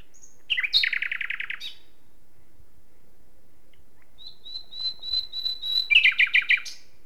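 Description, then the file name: Common nightingale song: a fast buzzy trill, a pause, then a row of pure piping whistles swelling in volume before a rapid chattering finish. "Luscinia megarhynchos"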